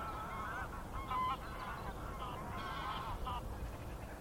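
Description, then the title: Goose: geese giving several short overlapping honks against steady low background noise. Gaggles of geese in fields by the River Thame, England, UK, on the morning of 23 September 2023, excited by floodwater across the meadows. "Gaggles of geese, River Thame, England, UK on 23rd September 2023"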